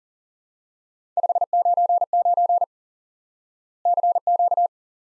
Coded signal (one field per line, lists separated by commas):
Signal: Morse code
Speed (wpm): 43 wpm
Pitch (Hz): 700 Hz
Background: none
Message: 599 CQ